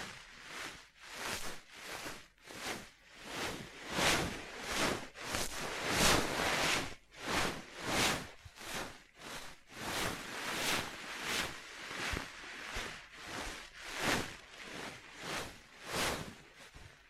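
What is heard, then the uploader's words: Scratching and tracing strokes repeat in a steady rhythm, about one per second, each a hissy rasp that swells and fades. The strokes are bright and airy with little low end, and a few land louder, around the sixth and fourteenth seconds. Tapping, Scratching, Tracing and Panning.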